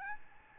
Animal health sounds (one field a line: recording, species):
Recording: mosquito wingbeat signal from an infrared sensor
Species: Aedes albopictus